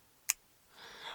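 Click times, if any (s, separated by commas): 0.3 s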